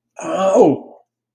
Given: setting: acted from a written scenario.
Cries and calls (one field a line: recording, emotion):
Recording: vocal sound without words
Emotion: positive surprise